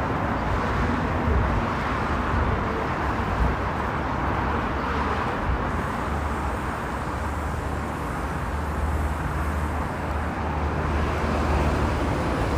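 A bus ride in Dubai, heard as a steady, dense rumble of engine and road noise that barely changes across the clip. A low hum sits underneath throughout, with faint murmurs that may be speech, and no distinct events stand out.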